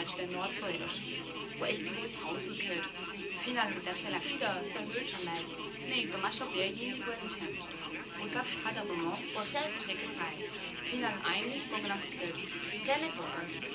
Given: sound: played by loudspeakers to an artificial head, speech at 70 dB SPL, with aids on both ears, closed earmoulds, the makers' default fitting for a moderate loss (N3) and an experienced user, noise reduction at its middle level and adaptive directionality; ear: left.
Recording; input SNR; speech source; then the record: speech test signal (ISTS) in cocktail-party noise; 0 dB; on the right (90 degrees)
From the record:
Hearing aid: class 2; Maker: E